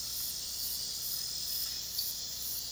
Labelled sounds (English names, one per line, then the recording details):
none
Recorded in pastures near Puerto Asís, Putumayo, Colombia, on 19 February 2024 at 04:30
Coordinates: 0.466, -76.323
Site G6384